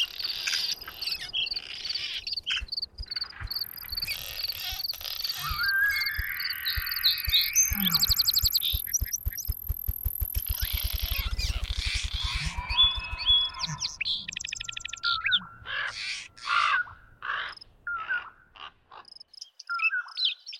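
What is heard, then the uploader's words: A dense chorus of birds chirps and whistles over a thin, high insect whine that holds steady for the first half. A rapid rattling pulse swells in the middle, then calls grow sparser and more spaced out toward the end. Bird, insect, mammal, and amphibian sounds and select soundscapes from the Pacific Northwest.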